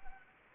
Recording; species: mosquito wingbeat signal from an infrared sensor; Anopheles arabiensis